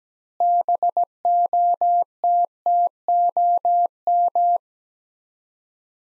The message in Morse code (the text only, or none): BOTTOM